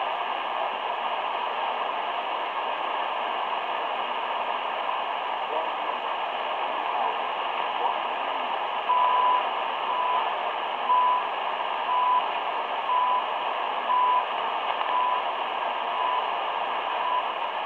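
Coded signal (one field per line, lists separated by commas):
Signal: radio time signal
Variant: CHU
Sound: radio hiss, then about seven short 1 kHz ticks once per second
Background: radio static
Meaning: Each 1 kHz tick marks one second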